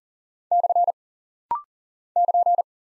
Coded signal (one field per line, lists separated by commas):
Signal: Morse code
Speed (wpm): 40 wpm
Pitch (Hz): 700 Hz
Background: none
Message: / <KN>